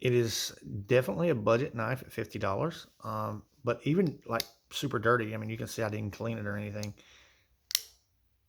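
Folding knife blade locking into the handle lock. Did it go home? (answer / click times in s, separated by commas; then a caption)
yes / 7.8 s. Someone talks for about seven seconds about a dirty, uncleaned Spyderco Tenacious, a budget plastic-handled folding pocket knife at 50. The blade is then flicked open and its liner or back lock engages with a single sharp click at 7.8 s. The blade seats and still locks up well.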